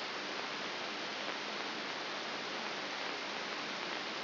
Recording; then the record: brain microelectrode recording played as sound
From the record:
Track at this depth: inside the subthalamic nucleus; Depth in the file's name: 3.502 mm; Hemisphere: left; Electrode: 3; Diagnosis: Parkinson's disease